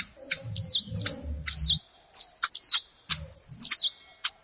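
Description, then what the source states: Plain prinia phrases: short falling notes trailing into steady thin tones, repeated several times, with low rumbling noise in the first two seconds. Recorded in a rice field (sawah).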